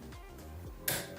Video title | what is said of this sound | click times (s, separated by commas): NEW Cricut Maker UnBoxing and Setup | Push the pen until it clicks, and then the arrow disappears and you know it's in. | 0.9 s